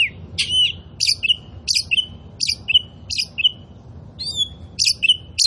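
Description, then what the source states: Oriental magpie-robin singing a series of sharp chirps, each followed by a clear whistled note, repeated with a short break. Kacer poci type; gacor, meaning singing vigorously and constantly.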